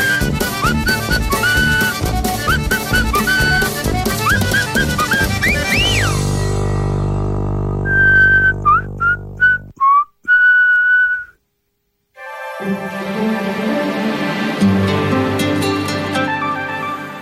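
A person whistles a short, clear melody of high, pure notes with brief gaps, set between stretches of loud band music with no talking, in a broadcast of Polish Radio Program 3 (Trójka).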